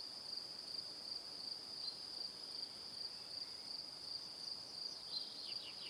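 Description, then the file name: Crickets trilling in a steady high pulse, with a quick run of descending chirps near the end over low hiss. Crickets recorded in the evening. "Calm - Evening Crickets"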